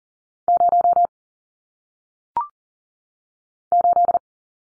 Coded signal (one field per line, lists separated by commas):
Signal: Morse code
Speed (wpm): 38 wpm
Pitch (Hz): 700 Hz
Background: none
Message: 0 8